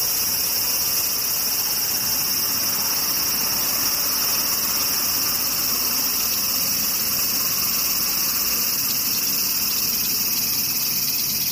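Cicadas keep up a steady, shrill drone for the whole clip, a dense high-pitched buzz that never pauses or changes in level. Beneath it runs a soft, constant low rumble, like an idling engine.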